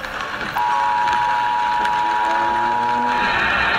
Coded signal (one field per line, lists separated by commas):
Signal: Emergency Alert System (SAME) tones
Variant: 853 and 960 Hz attention tone